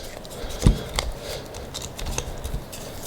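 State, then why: Seated. A new rubber mirror gasket on a Mercedes E-Class is pulled through with the wiring into the side mirror base. Amid soft rubbing and handling noises, a sharp snap at 1.0 s marks the gasket seating into place.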